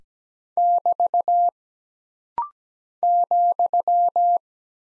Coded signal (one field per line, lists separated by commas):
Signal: Morse code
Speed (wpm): 17 wpm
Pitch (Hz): 700 Hz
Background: none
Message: <BT> ,